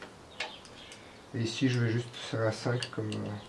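A torque wrench set to 4 Nm tightens the front derailleur clamp bolt on a TT01 bicycle frame, the only spot on the frame with a specified tightening torque. The wrench gives a sharp click at 0.4 s as it reaches the setting, and from about 1.3 s someone talks.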